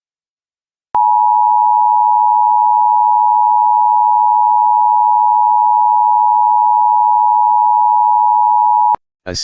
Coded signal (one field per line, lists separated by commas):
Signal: Emergency Alert System (SAME) tones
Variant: 853 and 960 Hz attention tone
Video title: EAS Civil Emergency Message North Dakota Statewide (Minot Silver Alert)